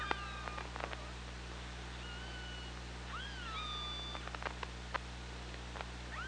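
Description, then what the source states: Killer whale calls: several clear whistle-like tones, some rising then dropping, others held level, mixed with bursts of rapid clicks and a constant low hum. OrcaLab hydrophone, 24 August 2017, 15:51.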